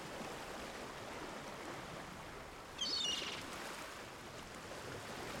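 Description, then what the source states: Gull giving one brief call of a few quick notes, set against a steady hiss of sea surf. Gulls heard over sea waves.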